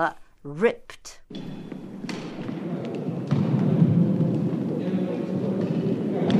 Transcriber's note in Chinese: Ambience sound in a busy gym